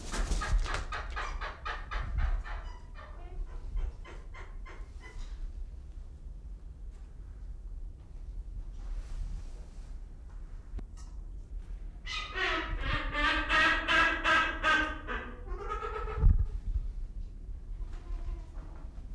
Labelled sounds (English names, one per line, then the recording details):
Trumpeter Hornbill
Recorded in captivity
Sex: male
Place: Zoo Berlin, Berlin, DE
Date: 1995-01-14 11:19
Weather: heiter bis wolkig, -1°C
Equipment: Marantz CP 430, Sennheiser ME 80, Kopie Uher Variocord 263
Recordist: Tembrock, Günter